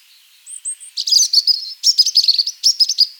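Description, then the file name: European robin song, high thin drawn-out whistles followed by a rapid, varied twittering phrase of sharp chirps and trills, clean with no other sounds. "Erithacus rubecula"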